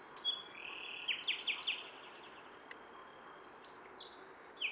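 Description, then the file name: Common nightingale phrase: a drawn-out whistled note followed by four quick descending clicks, then a pause and a few further sharp notes against constant hiss. "Luscinia megarhynchos"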